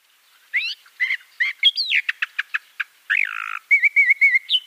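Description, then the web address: Eastern Orphean Warbler song, a varied run of sharp clicks, rising slurs and ticking notes ending in a quick, repeated wavering whistle. "Schulze Peter Eastern Orphean Warbler"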